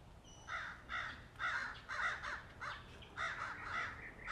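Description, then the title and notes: Birds calling with harsh, cawing notes repeated roughly twice a second in uneven bursts, over a faint low background hum. Birds singing in the morning. "birds 🐦 singing. Good Morning"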